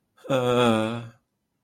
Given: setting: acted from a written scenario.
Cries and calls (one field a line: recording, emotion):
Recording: vocal sound without words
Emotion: embarrassment